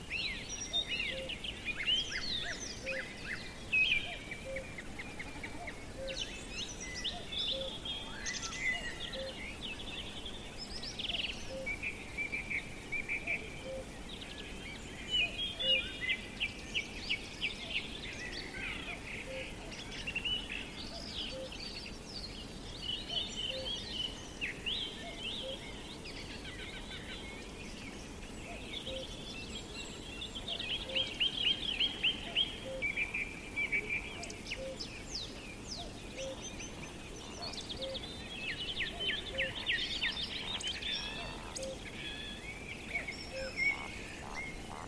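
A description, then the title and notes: A dense dawn chorus of many birds chirps and trills nonstop over a low steady rumble, with a faint regular ticking throughout. Dawn chorus at the hut. Join us for the beautiful sounds that surround the hut on a crisp May morning.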